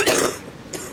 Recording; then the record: coughing mixed with background sound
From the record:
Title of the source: 34 coughing up crap again